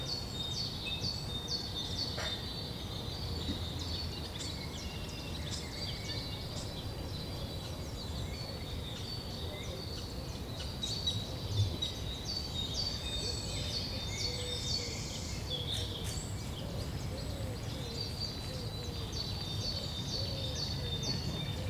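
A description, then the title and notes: Forest ambience with steady low rumble underneath and frequent high, bright bird chirps and calls scattered throughout. Near the Ermelose heide. Random recording in a small forest near Ermelo. Internal mics of a Zoom H2.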